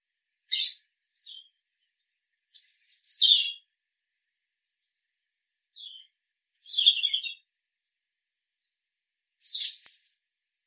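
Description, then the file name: European robin giving high, squeaky, jumbled phrases, each about a second long and sliding downward, spaced by pauses of a couple of seconds, in an otherwise silent background. "Erithacus rubecula"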